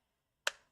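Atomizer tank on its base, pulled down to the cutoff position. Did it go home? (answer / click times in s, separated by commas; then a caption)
released / 0.5 s. A vape atomizer tank, attached to its base, is pulled down into its juice-flow cutoff position. After near silence, a single sharp, bright pop sounds at 0.5 s and rings out briefly over about 0.2 s. The tank releases and drops into place, leaving a small visible gap as the juice flow is shut off.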